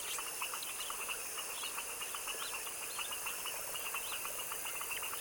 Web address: GDC 2017-Game Audio Bundle Articulated Sounds - Tropical Ambiences TROPICAL Wetland swamp evening foaming frog dusk chorus